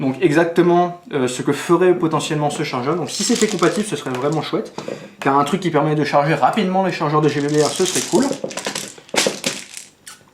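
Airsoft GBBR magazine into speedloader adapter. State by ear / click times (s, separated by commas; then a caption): not seated / none. Someone talks for most of the clip while an airsoft gas blowback rifle magazine is tried in the adapter of an Odin Innovations M12 Sidewinder speed loader. Near the end, from about 8.8 s to 10.4 s, a quick series of short, sharp knocks and rattles is heard. The magazine does not lock into the adapter, and nothing has seated or clicked yet.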